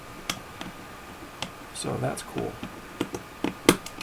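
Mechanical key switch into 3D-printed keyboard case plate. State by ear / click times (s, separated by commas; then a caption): seated / 3.7 s. A Cherry-style mechanical key switch is pressed into its square cutout in a freshly 3D-printed plastic keyboard case plate, and it snaps right in. Someone talks while several small clicks and taps are heard. The switch seats with a sharp, loud snap at 3.7 seconds.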